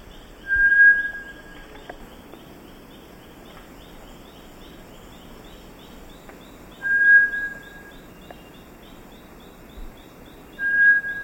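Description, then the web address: Bartlett's tinamou giving three clear, steady whistled notes spaced several seconds apart, with a rhythmic insect chorus and scattered faint clicks in the background. Recorded in the eastern lowlands of South America. "Natures Songs S America Eastern Lowlands. Bartlett's Tinamou"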